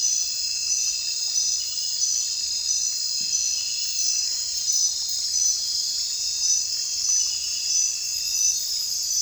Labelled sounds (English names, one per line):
none